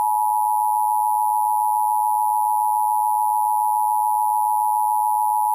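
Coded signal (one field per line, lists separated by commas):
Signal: Emergency Alert System (SAME) tones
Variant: 853 and 960 Hz attention tone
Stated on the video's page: Fictional zombie-virus EAS scenario, a recreation.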